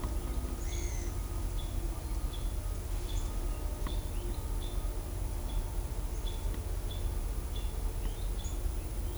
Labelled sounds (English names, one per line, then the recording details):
Pale-eyed Pygmy Tyrant
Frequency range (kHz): Pale-eyed Pygmy Tyrant 1.3-7.8 kHz
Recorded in shrubland near Pivijay, Magdalena, Colombia, on 1 June 2023 at 11:00
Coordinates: 10.453, -74.365
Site P5-G022